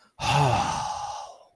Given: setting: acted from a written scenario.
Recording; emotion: vocal sound without words; awe